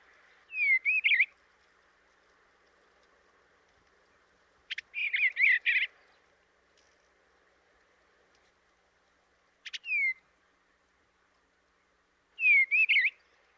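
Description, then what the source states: Eastern Bluebird singing short, warbling whistled phrases, four bursts spaced several seconds apart over a quiet background. Species declined as nesting habitat disappeared; now recovering thanks to nesting boxes along fence rows and some warmer winters.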